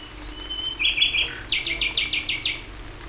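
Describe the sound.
Common nightingale song: a pure whistle slides into a trill, then six loud pulsed notes repeat evenly in a rapid rhythmic series.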